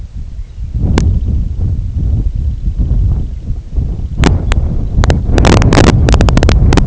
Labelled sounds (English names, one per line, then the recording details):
unidentified sound
Semipalmated Sandpiper
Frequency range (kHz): Semipalmated Sandpiper 2.2-4.5 kHz
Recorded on Arctic tundra, site IGLO-D, on 23 June 2018
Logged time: 20:00